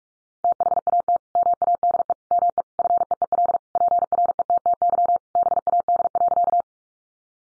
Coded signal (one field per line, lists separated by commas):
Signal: Morse code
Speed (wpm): 44 wpm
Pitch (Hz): 700 Hz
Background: none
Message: THAT MADE ME FEEL PRETTY BAD.